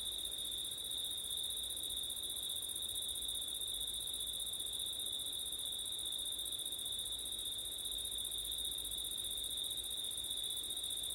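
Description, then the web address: Cricket chorus, a constant high-pitched trill layered with a thinner, even higher band, no pauses, with faint wind noise underneath. Crickets at night in September, with wind. "audio crickets wind september night ortif"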